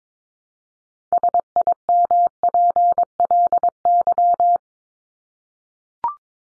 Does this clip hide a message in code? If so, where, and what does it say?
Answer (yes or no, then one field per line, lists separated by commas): yes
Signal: Morse code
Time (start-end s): 1.1-4.6 s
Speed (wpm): 22 wpm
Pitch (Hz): 700 Hz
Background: none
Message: SIMPLY